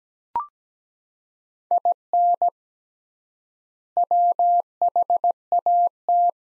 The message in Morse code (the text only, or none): IN WHAT